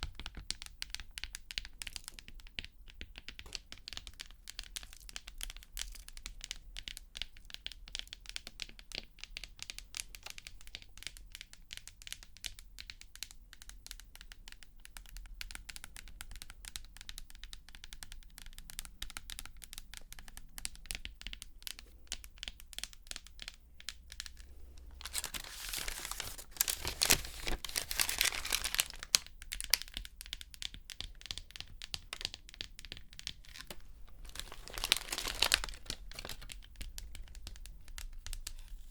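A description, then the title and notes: Fast, irregular tapping runs throughout as a dense patter of small sharp clicks, fairly even in level. Around 25 to 29 seconds and again near 35 seconds it thickens into a louder, crinkly rustle, like something being crumpled, before settling back to the steady taps. Tapping. (No Talking).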